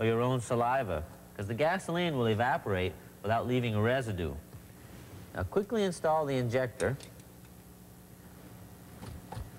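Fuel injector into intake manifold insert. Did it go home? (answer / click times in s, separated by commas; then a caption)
yes / 9.3 s. Someone talks, then a fuel injector with a gasoline-lubricated O-ring is pushed quickly into its insert in an Audi intake manifold. A short, faint pop at 9.3 s marks the injector seating in place.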